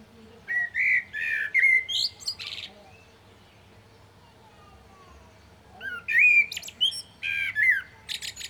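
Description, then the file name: Common blackbird giving two song phrases, mellow flute-like whistles breaking into high-pitched scratchy twitters, separated by a quiet pause. "Turdus merula"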